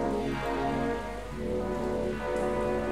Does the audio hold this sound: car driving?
no